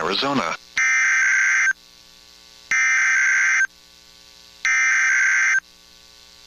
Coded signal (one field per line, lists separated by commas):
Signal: Emergency Alert System (SAME) tones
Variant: header bursts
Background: speech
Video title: EAS #2,458-2,464 Required Weekly Tests 1/14/26